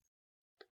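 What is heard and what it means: The rotating nosepiece (revolver) of an optical microscope is turned so the low-power objective lens lines up on the same axis as the eyepiece. After a brief faint rustle at the start and a stretch of silence, the nosepiece detent gives a single sharp click at 0.6 s. The objective is seated in position, since the lens is only in place once the revolver clicks.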